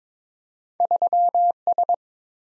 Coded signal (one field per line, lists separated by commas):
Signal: Morse code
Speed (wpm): 22 wpm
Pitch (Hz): 700 Hz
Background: none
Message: 3S